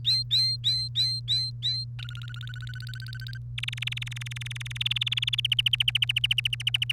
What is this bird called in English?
Domestic Canary